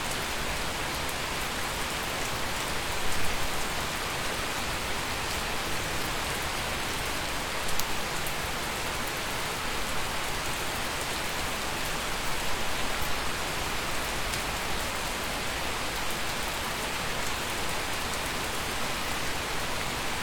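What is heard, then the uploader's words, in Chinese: Heavy rainstorm in a dense forest, a thick, steady downpour of hiss and patter that fills everything from low rumble to bright sizzle. The level stays even throughout, with brief louder bursts of splashing near three and eight seconds and again around twelve. 密林暴雨。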